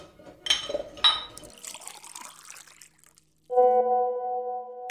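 Water is poured into a bowl for Michi: a couple of splashy bursts, then a steady trickle whose pitch rises as it fills, before a steady humming tone takes over.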